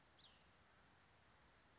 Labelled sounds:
Cassin's Vireo (Vireo cassinii)
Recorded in Sonoma County, California

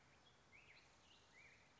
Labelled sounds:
Black-headed Grosbeak (Pheucticus melanocephalus)
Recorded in Sonoma County, California

